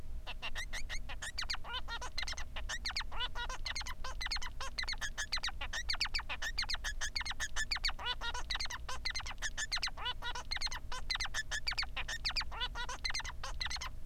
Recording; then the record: song of a male Bengalese finch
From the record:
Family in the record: son of father 3